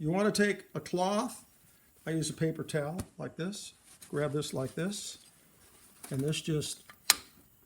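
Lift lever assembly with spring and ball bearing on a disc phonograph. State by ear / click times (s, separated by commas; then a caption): released / 7.1 s. Someone talks while gripping the spring-loaded lift lever assembly of an Army Navy disc phonograph through a paper towel, so the spring cannot fly off, and pulls its metal parts apart. A single sharp detent click sounds at 7.1 s as the lever releases, confirming the click being sought, with the assembly stopped short of coming fully off so the ball bearing and spring stay inside.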